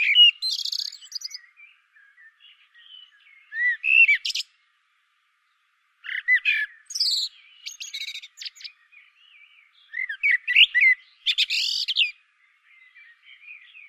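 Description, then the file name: Common blackbird with varied warbled song phrases, low whistles followed by squeaky, buzzy high twitters, delivered in bursts separated by short silences. "Turdus merula"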